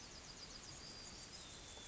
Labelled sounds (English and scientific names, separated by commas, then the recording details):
Yellowhammer (Emberiza citrinella) song
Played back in forest
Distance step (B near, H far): H
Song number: 115